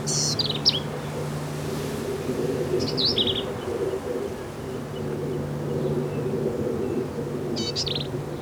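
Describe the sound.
Black-capped vireo delivers three short, high, scratchy phrases spaced several seconds apart over a low droning hum.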